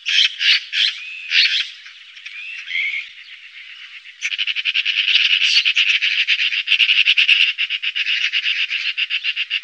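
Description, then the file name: Eurasian magpie giving several separate harsh chak notes and softer grating sounds, then a long, fast, machine-gun rattle running steadily for over five seconds. "Elster"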